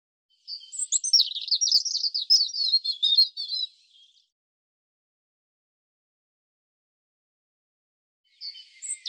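European robin song: a long, varied burst of fast, high twittering and trills lasting over three seconds, a long silence, then a new phrase beginning.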